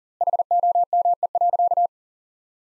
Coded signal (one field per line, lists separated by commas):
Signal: Morse code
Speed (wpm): 40 wpm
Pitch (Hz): 700 Hz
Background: none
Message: HOME.